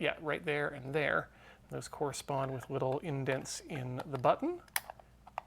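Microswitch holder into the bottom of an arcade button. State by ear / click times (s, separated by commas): seated / 5.4 s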